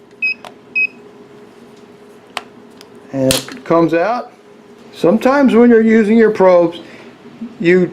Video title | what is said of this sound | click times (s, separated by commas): Fluke 325 vs Klein CL2000 TRMS AC DC Clamp Meter Comparison | here that the fluke doesn't have she it snaps into place and comes | 2.4 s